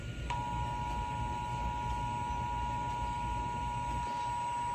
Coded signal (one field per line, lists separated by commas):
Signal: Emergency Alert System (SAME) tones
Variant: 853 and 960 Hz attention tone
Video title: EAS 1789-1791: Severe Thunderstorm Watch